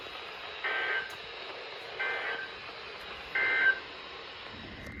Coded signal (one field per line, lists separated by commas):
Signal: Emergency Alert System (SAME) tones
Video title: BEFORE RICHMOND... Alerts from 7/29/23 (EAS #769 - 787)